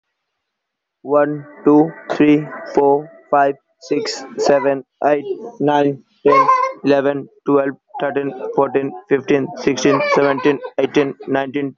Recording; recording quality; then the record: counting at a normal pace; excellent, no background noise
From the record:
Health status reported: healthy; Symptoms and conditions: fever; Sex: male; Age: 23 years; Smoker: not ticked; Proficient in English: yes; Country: India